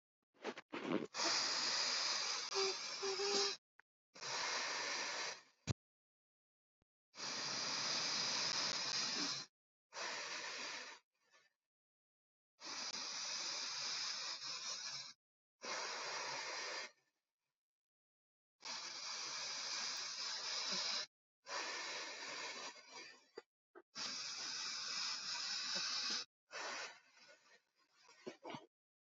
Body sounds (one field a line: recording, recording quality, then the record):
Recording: deep breathing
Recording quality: excellent, no background noise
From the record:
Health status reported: healthy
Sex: male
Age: 23 years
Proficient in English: yes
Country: India